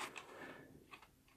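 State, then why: Not seated. A plastic door is handled against the body of a 1984 VAMP Mark II toy jeep, producing a short, sharp tick near 0.2 s and light plastic rattles around 0.9 to 1.0 s. Nothing has seated or snapped into place yet.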